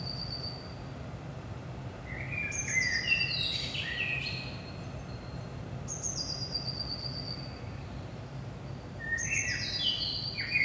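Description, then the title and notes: Common blackbird singing: a brief high note, then two warbling phrases ending in descending high whistles, separated by a pause, with low rumble throughout. Recorded in Saint-Gilles, Belgium, at 5 am in the early morning; DPA 4060 microphones in AB position into a Zoom F3 recorder. "Saint-Gilles, Belgique - 5am Blackbird. Blackbird in the morning. Merle au petit matin"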